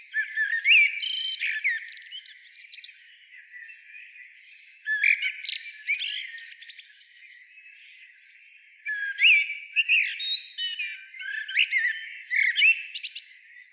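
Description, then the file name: Common blackbird song, three phrases about four seconds apart, each a short warble breaking into excited, squeaky high twitters. "Turdus merula"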